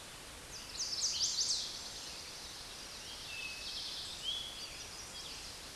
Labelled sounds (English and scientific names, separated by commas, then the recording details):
Chestnut-sided Warbler (Setophaga pensylvanica) song
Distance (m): 20 m
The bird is about 5 m above the microphone
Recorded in a Pennsylvania forest on 16 May 2024 at 09:07
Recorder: AudioMoth, point MSD-1849
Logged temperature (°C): 12.1 °C
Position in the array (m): 20 m, 24 m